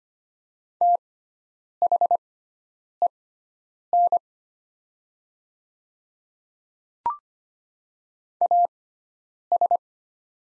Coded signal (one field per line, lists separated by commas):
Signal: Morse code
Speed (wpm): 25 wpm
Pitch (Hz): 700 Hz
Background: none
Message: THEN AS